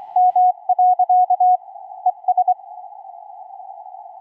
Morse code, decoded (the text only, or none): M. ES